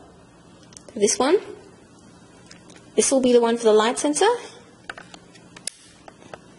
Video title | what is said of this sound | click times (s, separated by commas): 33 Part 2 of Building YayaBot - EDUCATION SET ONLY | you can hear the clip and unfortunately this can get a little bit difficult | 5.7 s